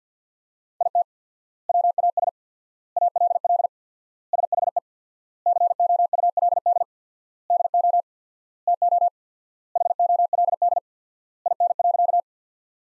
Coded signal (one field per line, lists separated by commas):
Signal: Morse code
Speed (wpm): 50 wpm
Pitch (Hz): 700 Hz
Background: none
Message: IT WAS ALL SHE COULD DO TO HOLD IN.